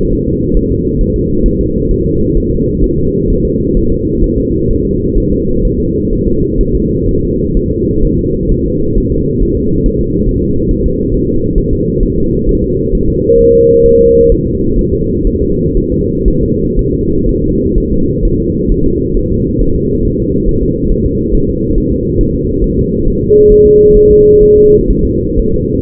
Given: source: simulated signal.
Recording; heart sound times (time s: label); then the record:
fetal heart sounds
0.13 s: S1
0.28 s: S2
0.57 s: S1
0.72 s: S2
1.01 s: S1
1.16 s: S2
1.46 s: S1
1.61 s: S2
1.91 s: S1
2.06 s: S2
2.37 s: S1
2.52 s: S2
2.84 s: S1
2.99 s: S2
3.30 s: S1
3.45 s: S2
3.77 s: S1
3.92 s: S2
4.24 s: S1
4.38 s: S2
4.71 s: S1
4.85 s: S2
5.18 s: S1
5.32 s: S2
5.65 s: S1
5.80 s: S2
6.13 s: S1
6.27 s: S2
6.61 s: S1
6.75 s: S2
7.09 s: S1
7.23 s: S2
7.57 s: S1
7.71 s: S2
8.05 s: S1
8.19 s: S2
8.52 s: S1
8.66 s: S2
8.98 s: S1
9.12 s: S2
9.43 s: S1
9.57 s: S2
9.86 s: S1
10.01 s: S2
10.29 s: S1
10.44 s: S2
10.71 s: S1
10.86 s: S2
11.14 s: S1
11.29 s: S2
11.58 s: S1
11.73 s: S2
12.03 s: S1
12.18 s: S2
12.49 s: S1
12.64 s: S2
12.95 s: S1
13.10 s: S2
13.41 s: S1
13.55 s: S2
13.86 s: S1
14.01 s: S2
14.32 s: S1
14.47 s: S2
14.79 s: S1
14.94 s: S2
15.27 s: S1
15.42 s: S2
15.77 s: S1
15.92 s: S2
16.28 s: S1
16.43 s: S2
16.79 s: S1
16.94 s: S2
17.29 s: S1
17.44 s: S2
17.78 s: S1
17.93 s: S2
18.25 s: S1
18.40 s: S2
18.72 s: S1
18.86 s: S2
19.17 s: S1
19.32 s: S2
19.62 s: S1
19.76 s: S2
20.05 s: S1
20.20 s: S2
20.49 s: S1
20.63 s: S2
20.92 s: S1
21.06 s: S2
21.35 s: S1
21.49 s: S2
21.78 s: S1
21.92 s: S2
22.21 s: S1
22.36 s: S2
22.64 s: S1
22.79 s: S2
23.08 s: S1
23.22 s: S2
23.52 s: S1
23.66 s: S2
23.97 s: S1
24.11 s: S2
24.43 s: S1
24.58 s: S2
24.91 s: S1
25.05 s: S2
25.40 s: S1
25.54 s: S2
From the record:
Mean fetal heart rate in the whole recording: 130 bpm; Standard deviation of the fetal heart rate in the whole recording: 4 bpm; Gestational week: 38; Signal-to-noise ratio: -15.3 dB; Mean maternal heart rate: 72 bpm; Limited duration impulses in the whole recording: present